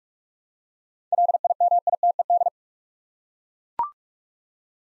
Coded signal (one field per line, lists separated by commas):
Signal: Morse code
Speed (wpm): 42 wpm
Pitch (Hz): 700 Hz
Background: none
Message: LIMITED